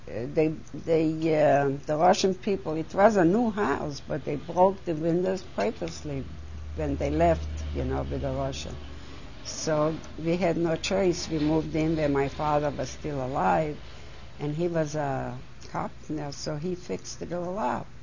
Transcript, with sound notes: they, the Russian people, it was a new house, but they broke the windows purposely when they left, you know, with the Russians. ( exterior noise ) So we had no choice. We moved in when my father was still alive, and he was a carpenter, so he fixed it all up.